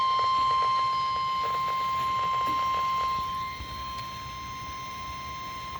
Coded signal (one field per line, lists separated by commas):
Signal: Emergency Alert System (SAME) tones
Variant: 1050 Hz attention tone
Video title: ZERO PRODUCTIVITY AHAHAHAHA (eas alerts from July 21 and 22 2026)